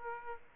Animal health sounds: mosquito wingbeat signal from an infrared sensor; Aedes aegypti

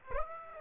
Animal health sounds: mosquito wingbeat signal from an infrared sensor; Aedes aegypti

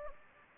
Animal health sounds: mosquito wingbeat signal from an infrared sensor; Anopheles gambiae

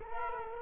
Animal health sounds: mosquito wingbeat signal from an infrared sensor; Culex quinquefasciatus

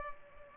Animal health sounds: mosquito wingbeat signal from an infrared sensor; Culex pipiens

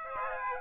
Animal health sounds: mosquito wingbeat signal from an infrared sensor; Aedes aegypti

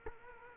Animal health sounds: mosquito wingbeat signal from an infrared sensor; Culex quinquefasciatus

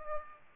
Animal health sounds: mosquito wingbeat signal from an infrared sensor; Aedes aegypti

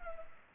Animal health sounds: mosquito wingbeat signal from an infrared sensor; Culex pipiens

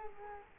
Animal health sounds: mosquito wingbeat signal from an infrared sensor; Culex quinquefasciatus

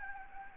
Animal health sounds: mosquito wingbeat signal from an infrared sensor; Anopheles gambiae

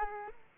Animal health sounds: mosquito wingbeat signal from an infrared sensor; Aedes aegypti

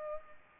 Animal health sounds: mosquito wingbeat signal from an infrared sensor; Culex pipiens

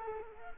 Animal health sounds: mosquito wingbeat signal from an infrared sensor; Culex quinquefasciatus

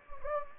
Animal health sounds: mosquito wingbeat signal from an infrared sensor; Anopheles gambiae

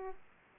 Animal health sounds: mosquito wingbeat signal from an infrared sensor; Aedes aegypti

